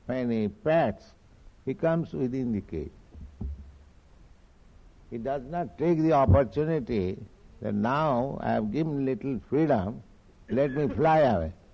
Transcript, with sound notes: when he pats he comes within the cage. [makes noise patting his desk with hand] He does not take the opportunity that “Now I have given a little freedom, let me fly away.”